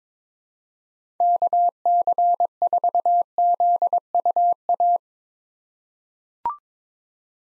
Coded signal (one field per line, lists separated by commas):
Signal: Morse code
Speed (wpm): 22 wpm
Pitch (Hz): 700 Hz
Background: none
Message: KC4ZUA